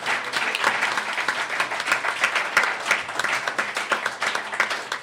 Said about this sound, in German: Applaus. Danke, danke.